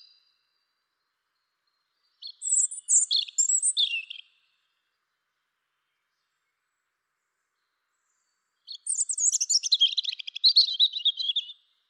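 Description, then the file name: European robin singing two separate phrases, each a rapid jumble of very high thin notes and trills lasting two to three seconds, with a long silent pause between. "Erithacus rubecula"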